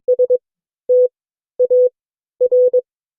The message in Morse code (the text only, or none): STAR